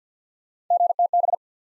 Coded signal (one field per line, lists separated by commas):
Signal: Morse code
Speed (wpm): 50 wpm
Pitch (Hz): 700 Hz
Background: none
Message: GTB